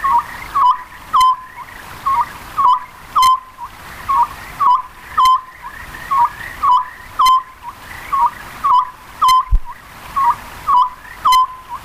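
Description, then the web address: Oriental scops owl delivering a long run of rhythmic three-note hoot phrases, repeated about every two seconds, with intermittent sharp clicks. "birds konohazuku"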